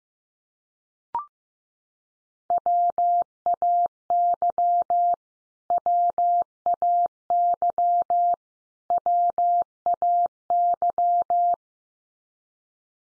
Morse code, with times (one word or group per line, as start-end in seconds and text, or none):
2.5-5.1 WAY
5.7-8.3 WAY
8.9-11.5 WAY